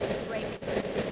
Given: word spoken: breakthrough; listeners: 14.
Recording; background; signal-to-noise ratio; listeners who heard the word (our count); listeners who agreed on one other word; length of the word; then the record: one English word in noise, from a listening test; noise modulated by three-talker babble; -6.3 dB; 5 of 14; 6 of 14; 0.72 s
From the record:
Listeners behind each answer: 6, 5, 1, 1, 1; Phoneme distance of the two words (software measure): 37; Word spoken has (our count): 2 syllables, 7 phonemes, stress on syllable 1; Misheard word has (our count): 2 syllables, 8 phonemes, stress on syllable 1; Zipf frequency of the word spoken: 3.95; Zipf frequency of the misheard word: 3.16